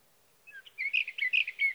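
Sage thrasher singing a short fragment of bright warbled and whistled notes against a faint background hiss.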